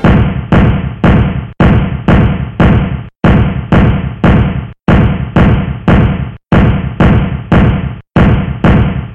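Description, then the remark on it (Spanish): A hammer strikes loudly and steadily in sets of three quick blows, with brief pauses between sets, about six rounds in all. Each hit is a sharp, ringing knock, and no voices are heard. “Hola, hemos escuchado el sonido de un martillo, y del martillo trata este programa.”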